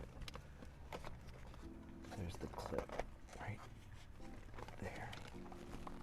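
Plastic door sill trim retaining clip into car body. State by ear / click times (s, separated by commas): not seated / none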